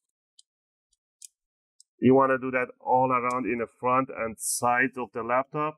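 An opening tool is wedged between the plastic bottom cover and the palmrest of an Asus VivoBook 15 K513E laptop and twisted backward, and the plastic snap clips pop loose with sharp clicks at about 0.4, 1.3 and 1.8 seconds. From about 2 seconds on, someone talks.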